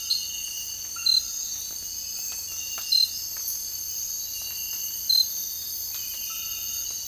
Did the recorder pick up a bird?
no